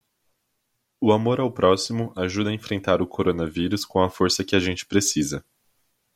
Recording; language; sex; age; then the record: spoken sentence; Brazilian Portuguese; male; 20 to 29 years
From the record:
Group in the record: control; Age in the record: 22 years